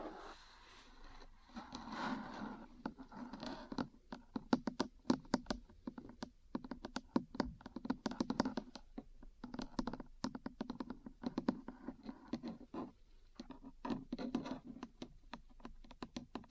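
Metal parts are tapped and scratched in quick, irregular bursts of sharp clicks that run nearly the whole clip. Scraping textures blur together in the first three seconds, then crisp, bright taps dominate. A low steady hum sits underneath throughout.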